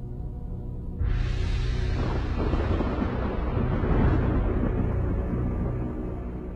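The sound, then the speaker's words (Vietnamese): A sudden loud blast bursts in after a low rumble, then a sustained roaring, crackling boom of explosions from the sky rolls on for several seconds, deep and heavy like thunder, with no voices. “Thần chú kết thúc, từ trên tầng không vang lên những tiếng nổ đùng đùng.”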